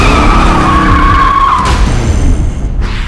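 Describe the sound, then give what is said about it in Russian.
A motorcycle ridden by a biker in a leather coat and helmet roars into a college courtyard and skids, its loud engine rumble carrying a sharp tire squeal that holds steady, then fades out about halfway, leaving the heavy rumble alone. “Во двор врывается мотоциклист в кожаном плаще и шлеме.”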